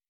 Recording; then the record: hydrophone in a shrimp aquaculture tank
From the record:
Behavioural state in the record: weakened